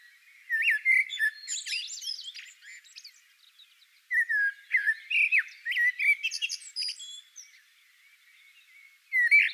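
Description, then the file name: Common blackbird singing two phrases, each opening with mellow fluted whistles and trailing into high, scratchy twitters, separated by a short pause, with a third phrase starting at the end. "Koltrast"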